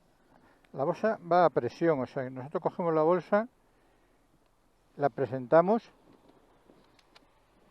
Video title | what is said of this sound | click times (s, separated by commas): Bolsa sobredepósito tipo TankLock de GIVI. Review 🏍👌🛠 | it a little and that's it right now it is already in place, we have heard a click | 7.0 s, 7.2 s